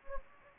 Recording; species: mosquito wingbeat signal from an infrared sensor; Anopheles gambiae